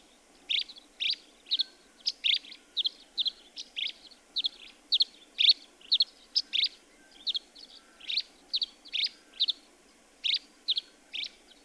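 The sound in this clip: Birdsong of rapid high chirps repeated steadily, some doubled, with light background hiss throughout.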